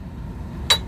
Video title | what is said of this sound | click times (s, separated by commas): Cara mengoperasikan truck crane Hiab dan memahami flowchart working radius, lifting height dan SOP | is zo vergrendeld, dus | 0.7 s